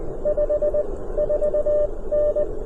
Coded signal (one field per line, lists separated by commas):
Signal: Morse code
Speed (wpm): 20 wpm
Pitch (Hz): 600 Hz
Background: none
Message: 54N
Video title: CFT1 | Small Radio...BIG EARS | POTA @ US-10173